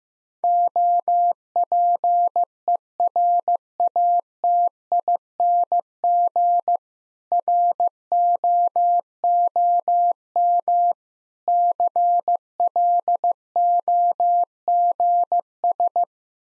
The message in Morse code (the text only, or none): OPERATING ROOM CLOGS